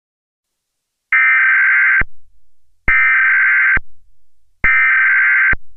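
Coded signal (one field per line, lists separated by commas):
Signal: Emergency Alert System (SAME) tones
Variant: header bursts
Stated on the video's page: Mock of Charter cable's 2011 National EAS Test, with genuine valid tones taken from an archived recording.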